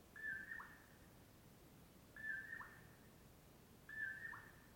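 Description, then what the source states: Common Poorwill giving three mellow whistled phrases, each ending in a brief falling note, spaced roughly two seconds apart. Mellow "poor-will-low" at dawn, camped off Brewton Road near Colockum Pass; crepuscular nightjar.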